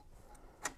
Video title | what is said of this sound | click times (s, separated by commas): Add 80HP to your car!! - How To Install, Update, and Use JB4 on the BMW N54 engine for E90 2007-2012 | until it snaps in there and doesn't pull out | 0.7 s